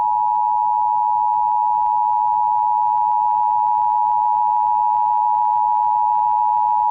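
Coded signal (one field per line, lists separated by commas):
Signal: Emergency Alert System (SAME) tones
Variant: 853 and 960 Hz attention tone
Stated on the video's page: Remake of a hijacked 2011 National EAS Test.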